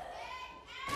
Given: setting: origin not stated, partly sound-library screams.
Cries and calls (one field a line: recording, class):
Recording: one-second piece from a danger detection set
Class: woman in danger